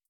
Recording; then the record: hydrophone in a shrimp aquaculture tank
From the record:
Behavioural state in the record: starved